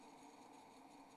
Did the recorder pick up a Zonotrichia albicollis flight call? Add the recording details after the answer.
no. No flight call is heard. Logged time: 03:35 on 28 November 2014